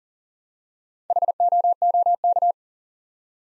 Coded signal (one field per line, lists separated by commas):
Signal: Morse code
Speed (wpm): 41 wpm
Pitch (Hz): 700 Hz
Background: none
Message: HOOK